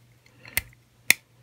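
A part of an XLR-3 frame build, already partly inserted into a slot of the frame, is pushed down until it snaps into its groove. Faint handling taps and a sharper knock near 0.6 s come first, followed by the loudest sharp snap at 1.1 s. The part is seated in the groove.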